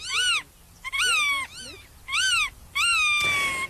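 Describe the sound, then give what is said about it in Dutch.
A black-tailed godwit calls about five times, loud nasal, rising-and-falling cries with strong harmonics in an uneven rhythm, the last one drawn out, with no voices present. “Dat is natuurlijk de grutto, want volgens de Europese Commissie moet Nederland de weidevogel beter beschermen.”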